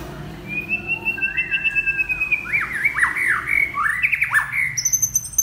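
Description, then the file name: White-rumped shama song: a long thin whistle, then a series of sharp falling and rising whistled notes, ending in high thin notes. Champion bird from a singing contest. "suara murai batu juara lomba"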